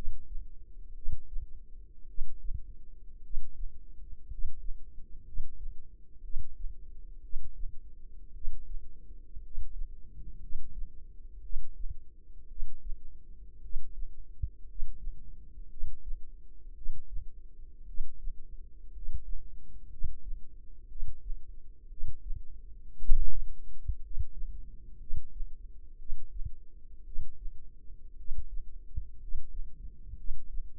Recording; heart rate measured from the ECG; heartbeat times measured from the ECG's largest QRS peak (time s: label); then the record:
heart sounds by microphone in the left ear; 58 bpm
0.93 s: heartbeat
2.06 s: heartbeat
3.21 s: heartbeat
4.27 s: heartbeat
5.23 s: heartbeat
6.21 s: heartbeat
7.20 s: heartbeat
8.32 s: heartbeat
9.40 s: heartbeat
10.39 s: heartbeat
11.41 s: heartbeat
12.47 s: heartbeat
13.60 s: heartbeat
14.65 s: heartbeat
15.68 s: heartbeat
16.73 s: heartbeat
17.85 s: heartbeat
18.91 s: heartbeat
19.88 s: heartbeat
20.87 s: heartbeat
21.88 s: heartbeat
22.97 s: heartbeat
24.00 s: heartbeat
24.97 s: heartbeat
25.97 s: heartbeat
27.03 s: heartbeat
28.15 s: heartbeat
29.18 s: heartbeat
30.15 s: heartbeat
From the record:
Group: healthy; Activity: rest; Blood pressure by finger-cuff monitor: 105/52 mmHg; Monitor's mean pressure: 65 mmHg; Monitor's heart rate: 57 bpm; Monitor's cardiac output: 5.2 L/min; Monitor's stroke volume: 90 mL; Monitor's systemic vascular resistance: 900 dyn s/cm5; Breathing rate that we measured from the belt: 12 breaths a minute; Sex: male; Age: 25 years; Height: 170 cm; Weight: 70.4 kg